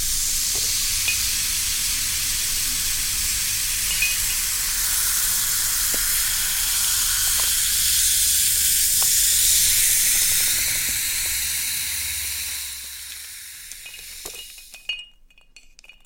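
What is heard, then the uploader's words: Sparkling soda water fizzes in a dense, bright hiss of countless tiny popping bubbles, with faint low rumbling underneath and a few sharper clicks. The fizz holds steady for about twelve seconds, then thins and fades, nearly stopping by fifteen seconds. The freshness of sparkling soda water.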